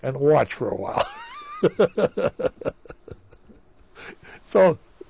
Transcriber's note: he laughs